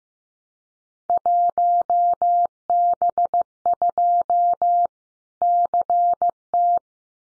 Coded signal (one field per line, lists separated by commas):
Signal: Morse code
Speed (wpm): 15 wpm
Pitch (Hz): 700 Hz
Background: none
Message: 1B2 CT